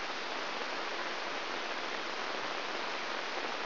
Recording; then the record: brain microelectrode recording played as sound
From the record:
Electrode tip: inside the subthalamic nucleus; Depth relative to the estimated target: -2 mm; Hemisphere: right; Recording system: AlphaMap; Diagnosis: Parkinson's disease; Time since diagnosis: 12 years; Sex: female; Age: 56 years